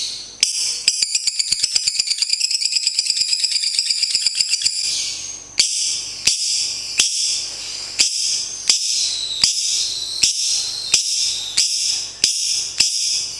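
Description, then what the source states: Lovebird song: a fast run of sharp ticking pulses with high harmonic chatter for about four seconds, then separate buzzy high chirps spaced just under a second apart. National champion bird.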